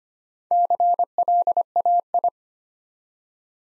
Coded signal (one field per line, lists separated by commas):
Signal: Morse code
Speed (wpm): 25 wpm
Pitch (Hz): 700 Hz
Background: none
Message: CLAI